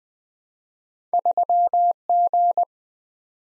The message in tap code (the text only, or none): none